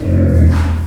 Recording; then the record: squeal of a Yucatan mini pig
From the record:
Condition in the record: after surgery on the right vocal fold (resection and tissue-engineered implant); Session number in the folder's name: 7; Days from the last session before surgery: 47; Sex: female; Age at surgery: 19 weeks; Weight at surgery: 25 kg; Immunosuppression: prednisolone